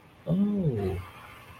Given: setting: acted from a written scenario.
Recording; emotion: vocal sound without words; interest